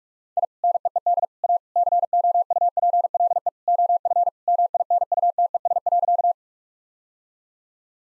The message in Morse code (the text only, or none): I NEED A COUPLE OF MINUTES.